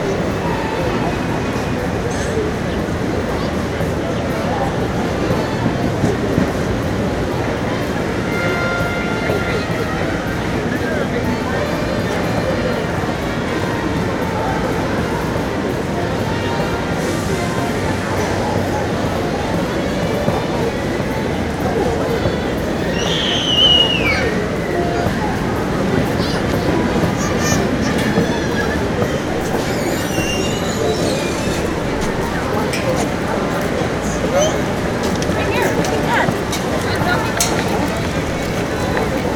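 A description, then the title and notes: Washington Square Park ambience: a steady murmur of many voices and traffic hum, with a brief chirp near twenty-four seconds. Calm Washington Square Park Ambience.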